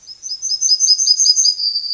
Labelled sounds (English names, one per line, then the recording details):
Yellowhammer song
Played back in grassland
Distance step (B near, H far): B
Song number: 059